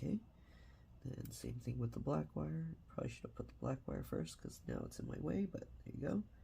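Someone talks while handling the black Wi-Fi antenna wire's small coax connector, lining it up over the socket on the wireless card inside a Lenovo Legion 5 17ARH05H laptop. The clip is mostly speech with faint handling sounds. Nothing has seated or clicked into place yet.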